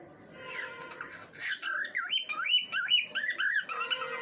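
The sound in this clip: Bird singing a warbling phrase of looping, wavering whistled notes that rise and fall in quick succession.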